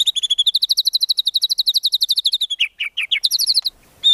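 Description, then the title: White-rumped shama song with a fast, even trill of high chirping notes for over two seconds, followed by lower varied phrases and a final high note. Song used as a lure for trapping. "Pikat Murai Batu"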